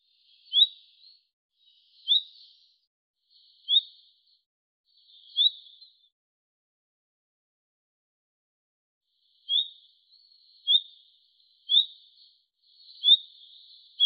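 Bird calls: four rising high chips, a silence of several seconds, then five more.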